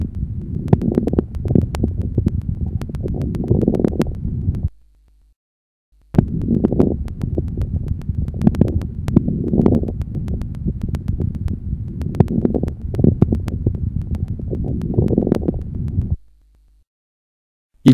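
Adult lungs through a stethoscope: repeated breaths with bursts of crackles in mid-inspiration, sparing the beginning and end of inspiration. They reflect bronchial secretions, so they vary from one breathing cycle to the next and are often accompanied by a few expiratory crackles.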